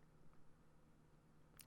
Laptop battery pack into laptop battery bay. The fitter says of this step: once our battery is popped into place